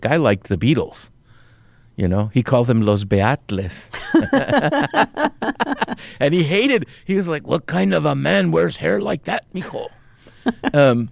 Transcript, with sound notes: I liked the Beatles, you know? He called them Los Beatles (LAUGHTER) And he hated - he was like, what kind of a man wears hair like that, Mijo?